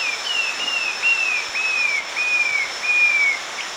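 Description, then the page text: Short-tailed babbler giving long, clear, gently falling whistles about every half second, each note slightly drawn out, with a constant high drone behind. Recorded at Danum, Borneo, on 1 March 2008. "Sound of Short-tailed Babbler at Danum by EDWARDS, David"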